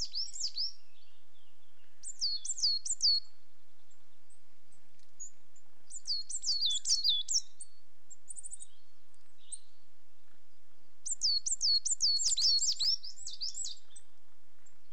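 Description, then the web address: Coal tit song, bright high repeated two-note phrases in four bursts of varying length, with a brief thin trill in one gap. Two pairs displaying. "BBC Sound Effects Library. Coal Tits"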